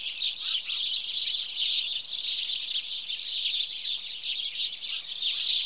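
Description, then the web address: House sparrows chirping in a dense, continuous chorus of overlapping bright chirps that runs steadily through the whole stretch. "BBC Sound Effects Library. House Sparrow (Passer Domesticus)"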